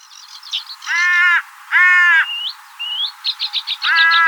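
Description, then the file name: Carrion crow giving harsh, drawn-out caws in short bursts, with thin chirps and twittering from small birds between them. "Corvus corone"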